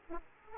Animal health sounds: mosquito wingbeat signal from an infrared sensor; Aedes aegypti

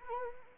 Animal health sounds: mosquito wingbeat signal from an infrared sensor; Anopheles arabiensis

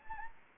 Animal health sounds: mosquito wingbeat signal from an infrared sensor; Anopheles arabiensis

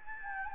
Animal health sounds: mosquito wingbeat signal from an infrared sensor; Anopheles gambiae

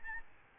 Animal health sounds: mosquito wingbeat signal from an infrared sensor; Aedes albopictus

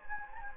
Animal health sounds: mosquito wingbeat signal from an infrared sensor; Anopheles gambiae

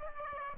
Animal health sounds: mosquito wingbeat signal from an infrared sensor; Aedes aegypti

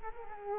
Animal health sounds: mosquito wingbeat signal from an infrared sensor; Culex quinquefasciatus

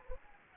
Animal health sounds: mosquito wingbeat signal from an infrared sensor; Anopheles arabiensis

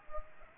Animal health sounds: mosquito wingbeat signal from an infrared sensor; Anopheles gambiae

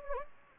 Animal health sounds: mosquito wingbeat signal from an infrared sensor; Anopheles gambiae

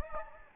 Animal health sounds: mosquito wingbeat signal from an infrared sensor; Anopheles gambiae

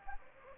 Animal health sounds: mosquito wingbeat signal from an infrared sensor; Anopheles gambiae

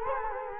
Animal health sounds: mosquito wingbeat signal from an infrared sensor; Culex quinquefasciatus

